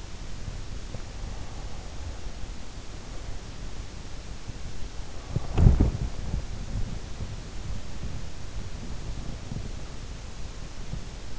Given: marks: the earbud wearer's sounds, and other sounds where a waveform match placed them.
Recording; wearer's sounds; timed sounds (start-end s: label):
sounds in sleep by an in-ear microphone; breath, body movement
1.06-3.05 s: breath
5.06-7.56 s: breath
5.32-11.39 s: body movement